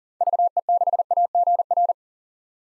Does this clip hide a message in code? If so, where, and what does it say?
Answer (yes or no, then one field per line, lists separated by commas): yes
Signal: Morse code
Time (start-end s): 0.2-1.9 s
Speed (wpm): 40 wpm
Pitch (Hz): 700 Hz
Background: none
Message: VE6AGR